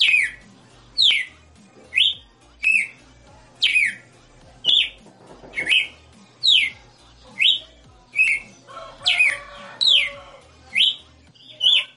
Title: Canto Galo Campina Fêmea 02. Galo de Campina 60 NOTAS Cantando Ao vivo